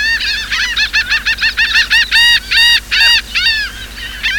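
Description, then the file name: Laughing gull in a fast, harsh laughing series, short nasal notes lengthening into longer squealing calls, then a few shorter notes. Recorded 14 April 2006. "2006-04-14 laughing gull"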